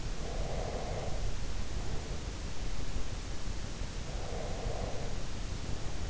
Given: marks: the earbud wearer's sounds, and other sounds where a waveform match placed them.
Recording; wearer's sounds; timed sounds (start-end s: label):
sounds in sleep by an in-ear microphone; breath
0.17-2.19 s: breath
4.00-6.09 s: breath